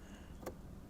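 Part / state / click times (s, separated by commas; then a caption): pin tumbler in a padlock cylinder / seated / 0.5 s. Pin two of a pin tumbler padlock cylinder is picked under tension with a Lishi 2-in-1 lock pick. A short, bright click at 0.5 s stands out over a low, steady background hum. The pin sets.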